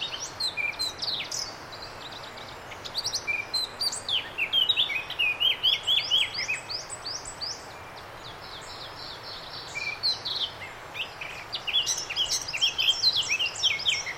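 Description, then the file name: Eurasian blackcap song, repeated bouts of rapid warbling with clear whistled notes, separated by brief pauses. "Sylvia atricapilla"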